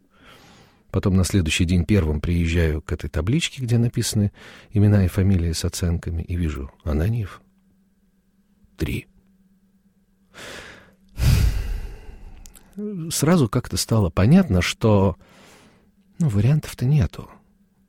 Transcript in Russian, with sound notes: Потом на следующий день первым приезжаю к этой табличке, где написаны имена и фамилии с оценками, и вижу: «Ананьев — 3». (глубоко вздыхает) Сразу как-то стало понятно, что вариантов-то нету...